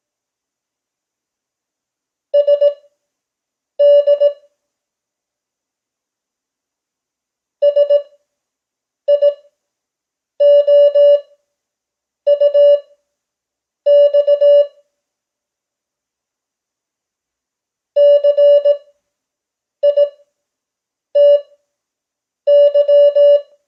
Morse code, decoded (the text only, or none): SD SIOUX CITY